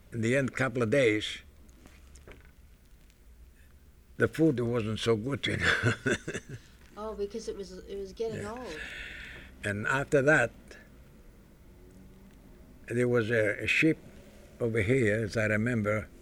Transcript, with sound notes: the end couple of days the food wasn't so good, you know. ( he laughs )
Oh, because it was getting old.
And after that there was a ship over here, as I remember,